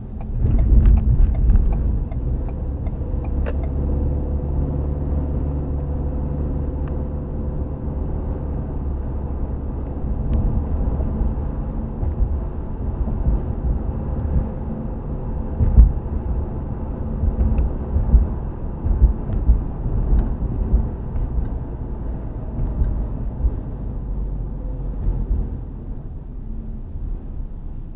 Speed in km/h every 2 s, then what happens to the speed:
31, 40, 48, 55, 58, 60, 60, 60, 60, 53, 45, 39, 29, 19.
0-9 speeds up to 60. 9-16 steady at about 60. 16-28 brakes to 19.